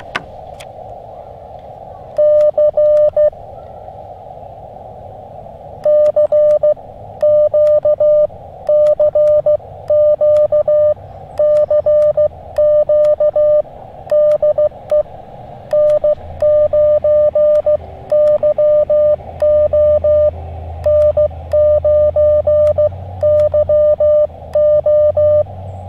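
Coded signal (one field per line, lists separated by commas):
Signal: Morse code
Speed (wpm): 16 wpm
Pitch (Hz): 600 Hz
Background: none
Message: C C Q CQ CQ DE N9YO N9YO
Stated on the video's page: QRP CW from an Elecraft KX2 using a Packtenna long wire antenna outdoors in fall.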